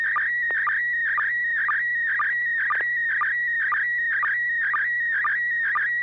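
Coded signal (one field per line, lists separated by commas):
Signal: SSTV (slow-scan television)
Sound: warbling tone around 2 kHz with a short low blip about twice per second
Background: low mains hum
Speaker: this net serves for training and practice and image transmission modes and meets Wednesday nights at 900 p.m. on the n6 na repeater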